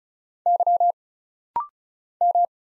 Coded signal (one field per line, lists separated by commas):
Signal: Morse code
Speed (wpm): 36 wpm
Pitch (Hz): 700 Hz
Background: none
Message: Y M